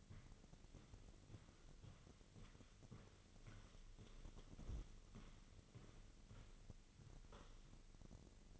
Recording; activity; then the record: daily activity, microphone in the room; walk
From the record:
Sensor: 4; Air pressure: 1002.5 hPa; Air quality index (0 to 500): 221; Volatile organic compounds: 13 ppm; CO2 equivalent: 2391 ppm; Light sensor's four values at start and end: 21/72/27/27 and 21/72/26/26